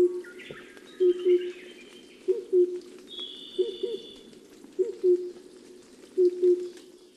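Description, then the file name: Oriental cuckoo calling with deep, hollow paired hoots, po-po, repeated about every one and a quarter seconds, five pairs in all, while other birds sing higher-pitched phrases in the background. Recorded in Hokkaido on 23 June 2006. "tsutsudori 060623 hokkaidou"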